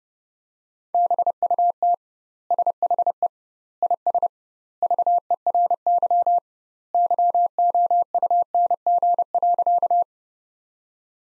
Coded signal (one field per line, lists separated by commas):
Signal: Morse code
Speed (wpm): 30 wpm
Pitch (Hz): 700 Hz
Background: none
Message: BUT SHE IS VERY YOUNG.